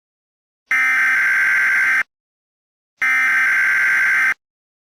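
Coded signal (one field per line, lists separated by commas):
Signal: Emergency Alert System (SAME) tones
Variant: header bursts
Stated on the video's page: Fictional mock EAS scenario of a Midwest disaster event.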